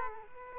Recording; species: mosquito wingbeat signal from an infrared sensor; Aedes aegypti